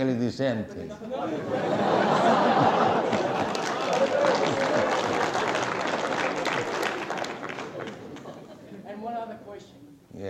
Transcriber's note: laughter and applause